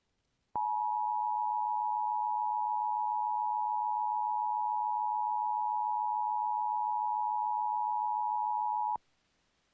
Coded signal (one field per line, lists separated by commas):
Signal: Emergency Alert System (SAME) tones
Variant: 853 and 960 Hz attention tone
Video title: EAS- Eastern Nevada Required Monthly Test (but toned as a CDW for some damn reason) on WJON-IP